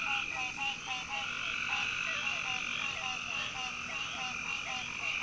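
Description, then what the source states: Frog chorus of many callers, quick repeated croaking notes layered over a constant shrill buzzing drone, unbroken for the whole stretch. Many loud frogs around a pond in the evening.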